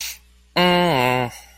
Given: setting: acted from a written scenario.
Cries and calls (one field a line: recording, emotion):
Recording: vocal sound without words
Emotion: neutral